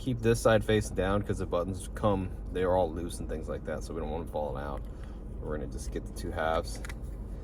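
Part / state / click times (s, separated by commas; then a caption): plastic key fob shell halves / not seated / none. Someone talks while holding the two plastic shell halves of a key fob from a 2013–2020 Lexus GS350 during a battery replacement, keeping the side with the loose buttons facing down so they don't fall out. The halves are lined up to be pushed together, but nothing has snapped or clicked yet.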